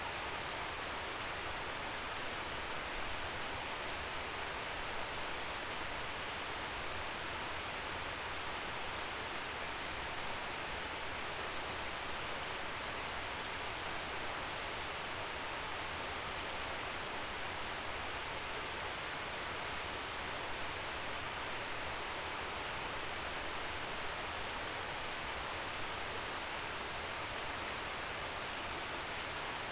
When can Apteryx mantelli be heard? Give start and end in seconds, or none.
none